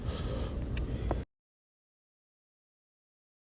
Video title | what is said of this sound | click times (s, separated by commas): dAHLer ATTC AntiTheft Throttle CommanderInstall on G80 M3 | make sure it clicks | 0.8 s, 1.1 s